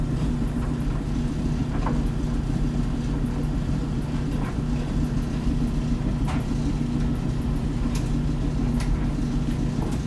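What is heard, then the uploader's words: A laundromat hums with a steady, dense low drone from running machines, strong low tones holding constant throughout. Faint clicks and light clinks surface now and then, near 2, 6 and 8 seconds, over the even rumble. Laundromat Sounds.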